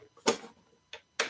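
A welding helmet lens holder is pushed into position in the helmet shell, and its end is pressed home so the plastic lock engages. Sharp plastic ticks sound at about 0.3 s and 0.9 s, followed by the loudest, crisp click at 1.2 s as the lock seats.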